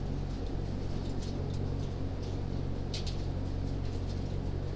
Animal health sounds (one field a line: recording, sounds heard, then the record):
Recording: poultry house recording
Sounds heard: no chicken sound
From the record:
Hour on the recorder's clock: 22